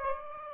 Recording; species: mosquito wingbeat signal from an infrared sensor; Aedes aegypti